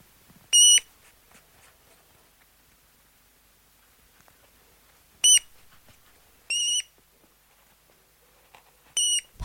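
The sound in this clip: Rat producing four high, clear squeaks spaced irregularly, with faint scratching and low background noise between them.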